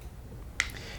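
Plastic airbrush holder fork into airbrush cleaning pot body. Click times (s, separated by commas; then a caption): 0.6 s. A plastic airbrush holder fork is pressed into its socket on a Ninesteps airbrush cleaning pot and snaps into place with a sharp, bright click at 0.6 s, followed by a faint, softer rattle around 0.8 s. The fork is seated in the pot.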